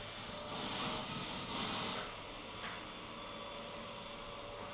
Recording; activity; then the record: daily activity, microphone in the room; vacuum cleaning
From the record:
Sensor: 4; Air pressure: 1002.9 hPa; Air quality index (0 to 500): 242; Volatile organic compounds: 18 ppm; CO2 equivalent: 2631 ppm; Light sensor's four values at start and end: 5/11/4/4 and 5/11/4/4